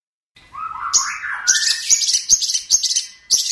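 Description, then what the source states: Long-tailed shrike song: soft rising whistled notes open the phrase, then loud harsh high chatter repeated in quick bursts. Training recording for songbird keepers; master song.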